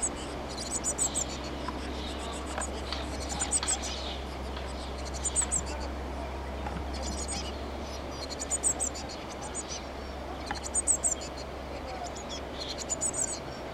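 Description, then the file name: Eurasian blue tit calls: short, thin, high-pitched bursts of rapid notes, repeated several times over a steady low hum. "Cyanistes caeruleus"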